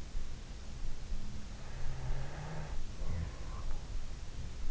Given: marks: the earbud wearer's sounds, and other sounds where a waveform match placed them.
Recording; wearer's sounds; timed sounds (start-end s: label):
sounds in sleep by an in-ear microphone; breath
1.38-4.02 s: breath